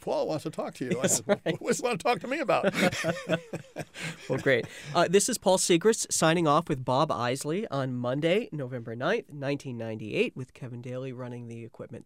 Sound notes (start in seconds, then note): 0.9 chuckles; 2.7 laughter